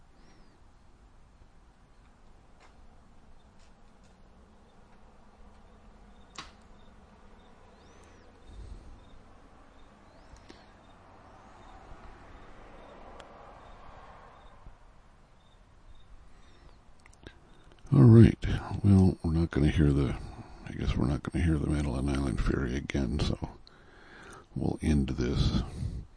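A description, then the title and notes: A quiet, foggy Sunday morning with faint murmurs and small clicks, until loud rustling and handling noises burst in around eighteen seconds. A foggy Sunday Morning, listening to the world around us wake up.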